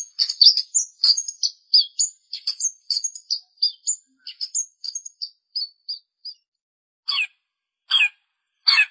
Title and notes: Pentet 201703. Suara burung pentet